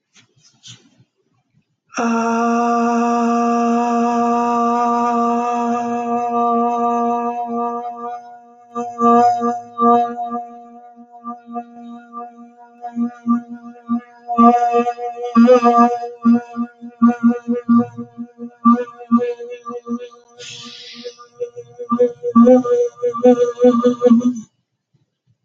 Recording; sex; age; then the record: vowel held as long as possible; female; 20 to 29 years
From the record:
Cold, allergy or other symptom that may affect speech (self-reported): no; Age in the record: 26 years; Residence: California, United States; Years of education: 16